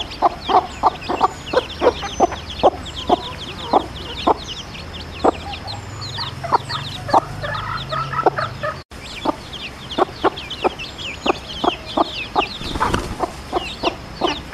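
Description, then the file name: Red junglefowl hen repeating brief low clucks at a quick, uneven pace, chicks cheeping in high thin notes behind, a low hum in the middle. Wild hen calling her chicks. "Tieng ga mai rung goi con"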